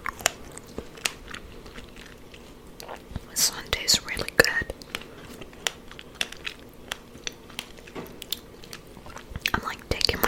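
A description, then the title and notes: Wet mouth sounds of someone eating strawberries, with soft bites, chewing and smacking in an irregular stream of sharp clicks. A busier cluster of louder bites comes around the fourth second and again near the end, over a faint steady hum. ASMR Strawberry Eating Mouth Sounds.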